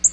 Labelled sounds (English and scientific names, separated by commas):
Black-throated Green Warbler (Setophaga virens) flight call